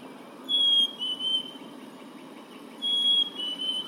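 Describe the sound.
Bird song: a clear, high whistled note followed by a slightly lower one, given twice with a pause between, over a faint low hum.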